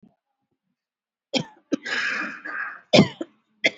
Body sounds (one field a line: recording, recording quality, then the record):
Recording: shallow voluntary cough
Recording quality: excellent, no background noise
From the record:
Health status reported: COVID-19 positive, moderate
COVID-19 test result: positive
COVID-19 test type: RT-PCR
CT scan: not taken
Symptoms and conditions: cough, cold, fever, loss of smell and taste, diabetes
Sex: female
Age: 54 years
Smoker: no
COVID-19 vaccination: one dose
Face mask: worn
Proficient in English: yes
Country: India